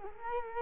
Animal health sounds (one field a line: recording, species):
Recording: mosquito wingbeat signal from an infrared sensor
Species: Culex quinquefasciatus